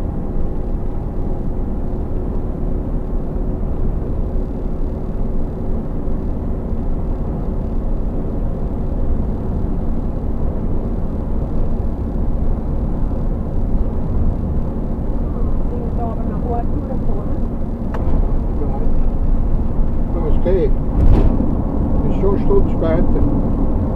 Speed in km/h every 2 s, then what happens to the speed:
88, 88, 88, 90, 90, 92, 92, 92, 92, 92, 92, 92.
0-24 steady at about 92.